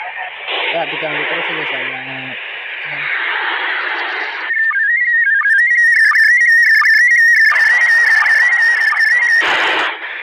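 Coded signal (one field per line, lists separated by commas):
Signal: SSTV (slow-scan television)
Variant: PD 90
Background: speech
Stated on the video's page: Heroes' Day SSTV transmission received at grid OI52eg.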